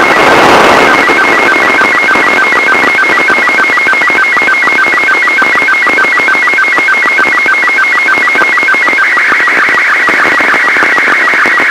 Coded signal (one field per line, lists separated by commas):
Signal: SSTV (slow-scan television)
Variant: Robot 36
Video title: ARISSAT-1 Full Pass Audio Telemetry and SSTV 13 AUG 2011